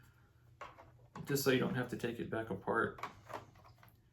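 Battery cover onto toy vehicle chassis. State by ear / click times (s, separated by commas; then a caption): not seated / none. Someone talks while handling the removable plastic battery cover of a Playmobil Ghostbusters II Ecto-1A toy car, which is about to be pressed onto the chassis after the batteries go in. Faint handling taps are heard near the end, but nothing has seated or clicked yet.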